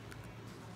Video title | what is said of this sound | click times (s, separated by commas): Brush motor swap out for a Deebot M80 Pro | Oh, it just clicked back in. | 0.1 s